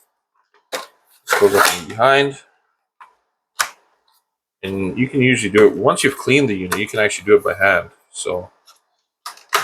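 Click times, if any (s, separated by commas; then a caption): 9.3 s. A plastic end cap, the cap end that goes up behind, is pushed home by hand into a Dyson cordless vacuum Motorbar powerhead (V7, V8, V10, V11, V12, V15 Version 1) after the unit has been cleaned. Someone talks over the work, and a sharp click is heard at 9.3 s as the part seats in place.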